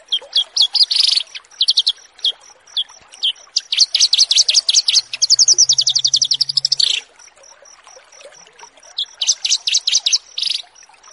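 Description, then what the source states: Horsfield's bush lark song: bursts of fast buzzy trills and sharp repeated chirps between short pauses, over a steady thin ticking tone high above. Bird-keeping masteran song-tutoring recording.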